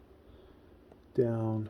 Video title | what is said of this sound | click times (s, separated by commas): Pt 2: Upgrading a computer from 10th gen to 12th gen, Z490. to Z690m-itx asrock | we didn't hear it snap which is scary | none